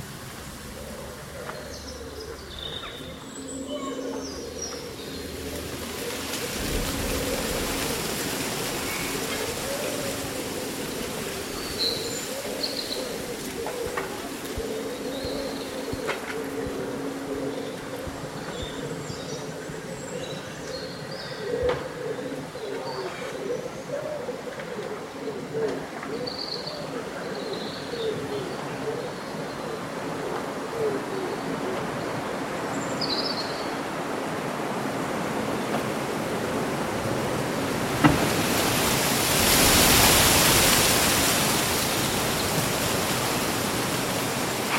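Wind on a summer day sets leaves rustling in a steady, dense hiss that swells near the end, peaking around forty seconds. Scattered bird chirps appear high above throughout. A low, wavering drone runs underneath the whole time.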